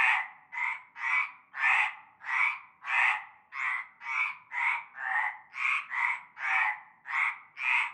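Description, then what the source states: Frog chorus of short rasping croaks, roughly two a second, in a pulsing rhythm. Chorus of frogs from nightfall in a large concrete basin with stagnant greenish water, Avenue Cante Coucou, Groupède, La Ciotat, Bouches-du-Rhône, France.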